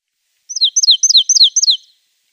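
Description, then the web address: Marsh tit song: five rapid repeated falling whistled notes, each with a short lead-in, delivered in about one and a half seconds. "Schulze Peter Marsh Tit song"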